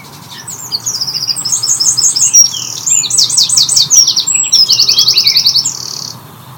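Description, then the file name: Eurasian wren song, a loud rapid outpouring of very high trills and chattering notes lasting about five seconds, ending in a fast rattling trill. "Troglodytes troglodytes"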